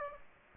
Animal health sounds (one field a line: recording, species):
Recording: mosquito wingbeat signal from an infrared sensor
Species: Aedes aegypti